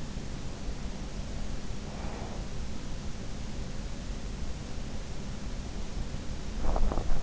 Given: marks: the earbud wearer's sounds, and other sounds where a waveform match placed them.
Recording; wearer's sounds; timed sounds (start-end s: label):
sounds in sleep by an in-ear microphone; breath
1.89-2.93 s: breath
6.34-7.15 s: sound from someone else or the room